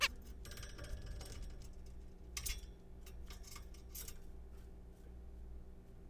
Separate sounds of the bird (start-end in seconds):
0.01-0.08